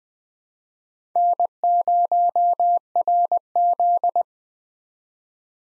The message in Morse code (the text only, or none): N0RZ